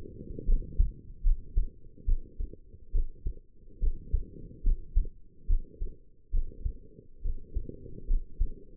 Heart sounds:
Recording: heart sounds by stethoscope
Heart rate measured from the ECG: 71 bpm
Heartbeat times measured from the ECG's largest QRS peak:
0.46 s: heartbeat
1.23 s: heartbeat
2.05 s: heartbeat
2.92 s: heartbeat
3.79 s: heartbeat
4.63 s: heartbeat
5.47 s: heartbeat
6.31 s: heartbeat
7.22 s: heartbeat
8.07 s: heartbeat
From the record:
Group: healthy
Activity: rest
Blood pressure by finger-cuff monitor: 108/69 mmHg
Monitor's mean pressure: 81 mmHg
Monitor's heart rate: 71 bpm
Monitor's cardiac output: 5.7 L/min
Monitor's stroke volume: 79 mL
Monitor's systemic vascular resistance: 1040 dyn s/cm5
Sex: female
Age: 22 years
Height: 160 cm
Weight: 45 kg

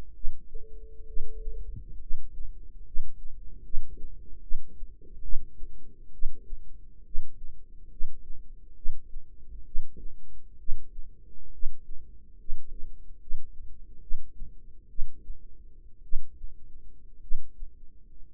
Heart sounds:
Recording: heart sounds by microphone in the right ear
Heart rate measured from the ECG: 66 bpm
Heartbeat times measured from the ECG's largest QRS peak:
0.12 s: heartbeat
1.05 s: heartbeat
1.98 s: heartbeat
2.83 s: heartbeat
3.61 s: heartbeat
4.40 s: heartbeat
5.21 s: heartbeat
6.11 s: heartbeat
7.03 s: heartbeat
7.88 s: heartbeat
8.74 s: heartbeat
9.63 s: heartbeat
10.57 s: heartbeat
11.50 s: heartbeat
12.36 s: heartbeat
13.18 s: heartbeat
13.99 s: heartbeat
14.87 s: heartbeat
16.01 s: heartbeat
17.19 s: heartbeat
18.33 s: heartbeat
From the record:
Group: healthy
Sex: male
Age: 25 years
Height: 170 cm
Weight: 70.4 kg

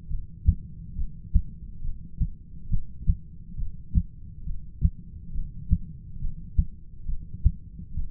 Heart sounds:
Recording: heart sounds by stethoscope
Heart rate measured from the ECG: 69 bpm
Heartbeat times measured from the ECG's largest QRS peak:
0.10 s: heartbeat
0.97 s: heartbeat
1.83 s: heartbeat
2.70 s: heartbeat
3.58 s: heartbeat
4.45 s: heartbeat
5.34 s: heartbeat
6.21 s: heartbeat
7.07 s: heartbeat
7.96 s: heartbeat
From the record:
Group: heart failure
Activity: rest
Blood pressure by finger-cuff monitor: 109/79 mmHg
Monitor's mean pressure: 91 mmHg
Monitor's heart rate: 69 bpm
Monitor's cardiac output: 6.9 L/min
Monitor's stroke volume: 101 mL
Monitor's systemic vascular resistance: 990 dyn s/cm5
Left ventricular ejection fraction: 25%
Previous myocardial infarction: absent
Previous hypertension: absent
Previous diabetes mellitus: absent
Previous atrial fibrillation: absent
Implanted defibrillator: absent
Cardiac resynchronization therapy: absent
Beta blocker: metoprolol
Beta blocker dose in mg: 62.5 twice daily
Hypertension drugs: ramipril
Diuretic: furosemide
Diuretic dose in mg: 40 twice daily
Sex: male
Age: 57 years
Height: 180 cm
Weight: 90.5 kg

